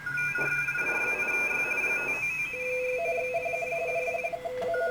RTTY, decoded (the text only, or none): AC8Y 599 496 496